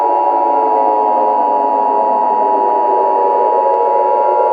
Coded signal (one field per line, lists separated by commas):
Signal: Emergency Alert System (SAME) tones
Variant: 853 and 960 Hz attention tone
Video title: EAS scenario: Countryballs